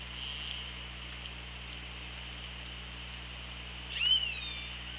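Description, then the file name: Orca call underwater: one short harmonic call near the end, after several seconds of hiss and low hum. Recorded on a hydrophone on 24 August 2017 at 15:57. "Orca Lab"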